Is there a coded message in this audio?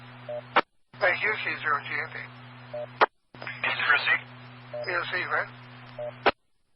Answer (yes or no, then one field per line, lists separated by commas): no